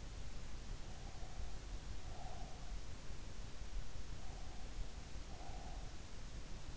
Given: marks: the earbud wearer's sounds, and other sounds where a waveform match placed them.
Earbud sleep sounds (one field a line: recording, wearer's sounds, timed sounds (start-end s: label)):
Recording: sounds in sleep by an in-ear microphone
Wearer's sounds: breath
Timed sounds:
0.87-2.82 s: breath
4.17-6.09 s: breath